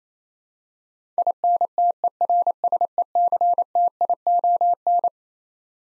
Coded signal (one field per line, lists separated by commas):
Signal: Morse code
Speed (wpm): 27 wpm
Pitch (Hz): 700 Hz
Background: none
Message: INTERSECTION